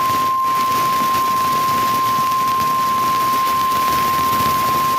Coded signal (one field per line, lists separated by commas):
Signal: Emergency Alert System (SAME) tones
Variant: 1050 Hz attention tone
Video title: Eas Alert #18 (VPTV-dt3) FIRE WARNING